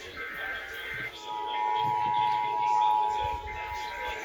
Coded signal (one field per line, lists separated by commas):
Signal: Emergency Alert System (SAME) tones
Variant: 853 and 960 Hz attention tone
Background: speech, music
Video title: INTRODUCING THE KAITO KA110! Weeklies and Monthlies of 3/20-22/23 (EAS 1747-1771)